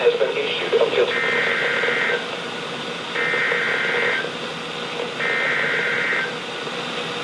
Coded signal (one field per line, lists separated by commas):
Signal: Emergency Alert System (SAME) tones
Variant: header bursts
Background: speech